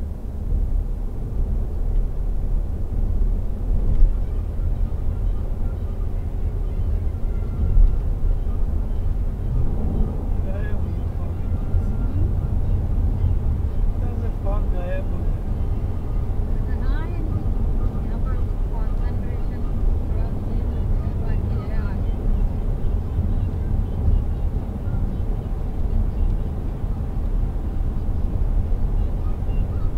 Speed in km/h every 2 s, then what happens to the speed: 102, 106, 109, 112, 113, 116, 119, 121, 122, 123, 124, 122, 123, 119, 121.
0-14 speeds up to 121. 14-30 steady at about 122.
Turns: none.